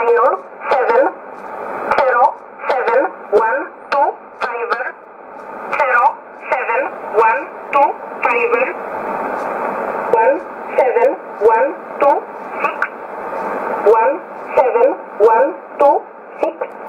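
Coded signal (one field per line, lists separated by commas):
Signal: numbers station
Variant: E11 Oblique, English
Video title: 30 09 2018 E11 Oblique Numbers station in English to Eu 0808 on 9200 unknown tx site in USB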